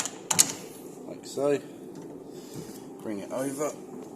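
The engagement bar of a motor mover on a 2021 Bailey Grande Pegasus Messina caravan is being handled and swung over to bring the steel drive roller toward the tyre. Short sharp knocks are heard near 0.3 and 0.4 seconds, and someone talks. Nothing has seated or clicked yet, and the roller has not engaged against the wheel.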